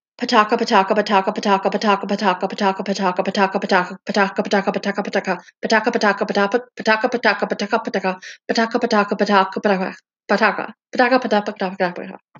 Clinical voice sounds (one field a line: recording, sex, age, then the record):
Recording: repeated syllables /pa ta ka/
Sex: female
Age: 20 to 29 years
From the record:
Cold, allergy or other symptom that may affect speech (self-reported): no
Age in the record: 27 years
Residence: Wisconsin, United States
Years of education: 13